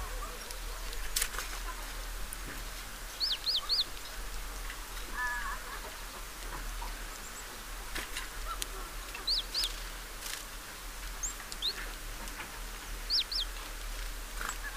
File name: Parus major